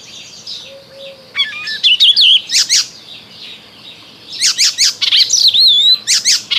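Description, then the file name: Icterine warbler song in two lively bursts of rapid chattering notes mixed with wavering whistles and rasping calls, separated by a short pause. "Zaganiacz"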